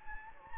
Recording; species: mosquito wingbeat signal from an infrared sensor; Anopheles gambiae